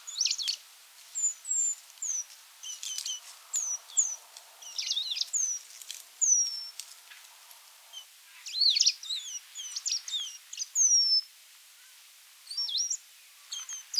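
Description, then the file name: Eurasian penduline tit giving repeated thin, descending high whistles throughout, mixed with short chirps and twittering notes. "buidelmees"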